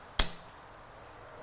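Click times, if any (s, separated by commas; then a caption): 0.2 s. A plastic fold-over cover on the wiper blade adapter of a 2013 Cadillac CTS-V Coupe is pressed down over the wiper arm hook. It gives one sharp, bright snap at 0.2 s, then quiet. The clip is snapped in place.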